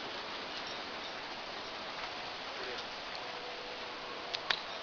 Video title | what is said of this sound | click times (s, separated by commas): Barnett Whitetail Pro STR Crossbow Review | you hear that click you're in good shape it's caught it's ready to go | 4.3 s, 4.5 s